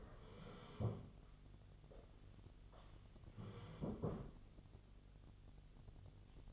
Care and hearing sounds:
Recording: daily activity, microphone in the room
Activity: sit down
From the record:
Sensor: 4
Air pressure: 1016.1 hPa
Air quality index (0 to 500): 191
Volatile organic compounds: 9 ppm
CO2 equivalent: 2176 ppm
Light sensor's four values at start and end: 9/19/8/7 and 9/19/8/7

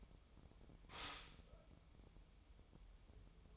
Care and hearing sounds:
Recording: daily activity, microphone in the room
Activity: stop toaster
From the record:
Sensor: 1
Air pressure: 988.6 hPa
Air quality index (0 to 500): 197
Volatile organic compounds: 950 ppm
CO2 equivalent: 5244 ppm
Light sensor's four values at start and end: 25/94/35/37 and 25/94/35/37

